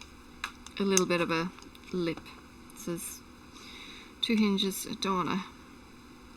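Someone handles the hinged lid latch on the compartment of a wearable earbud-watch case while talking, with a few faint taps between the speech. Nothing has seated or clicked yet.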